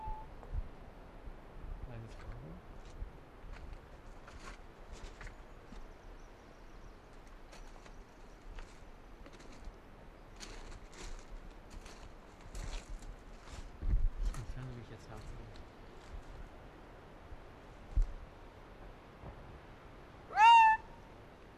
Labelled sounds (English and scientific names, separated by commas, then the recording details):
Arctic Fox (Vulpes lagopus)
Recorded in the wild
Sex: female
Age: adult
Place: Insel Mednyi, Kommandeur-Inseln, RU
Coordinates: 54.5167, 168.083
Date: 1999-07-18 13:06
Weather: Hochnebel, 10°C, windstill
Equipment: Sony WM-D6C, Sennheiser MKH 70, Windkorb, Kopie Tascam DA 30
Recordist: Frommolt, Karl-Heinz